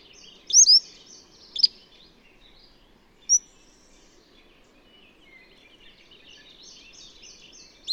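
Bird chirping: sharp high notes in the first two seconds, a thin whistle near three seconds, then soft twittering and a final chirp.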